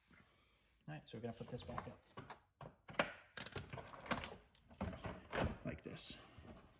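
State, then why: Not seated. Someone talks while the front bumper cover of an MK6 Volkswagen Golf hatchback is handled and lifted back up toward its mounting bracket, with a few short plastic knocks and rustles around 3.0 to 4.2 seconds. Nothing has seated or clicked yet: the plastic tabs have not snapped into the retaining bracket by the end of the clip.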